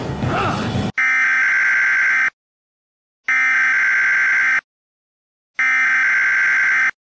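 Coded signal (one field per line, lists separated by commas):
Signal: Emergency Alert System (SAME) tones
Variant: header bursts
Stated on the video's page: Fictional EAS scenario set in Minecraft; simulated alert, not a real activation.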